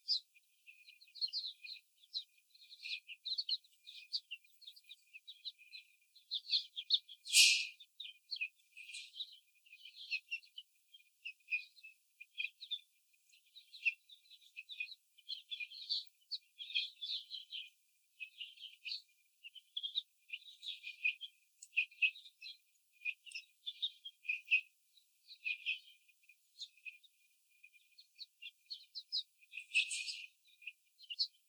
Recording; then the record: young laying hens in a cage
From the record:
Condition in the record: before the stressor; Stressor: simulated dog barking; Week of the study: 4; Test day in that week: 2